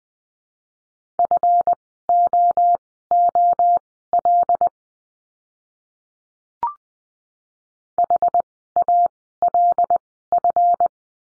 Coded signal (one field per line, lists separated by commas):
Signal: Morse code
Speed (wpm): 20 wpm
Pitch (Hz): 700 Hz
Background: none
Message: FOOL HALF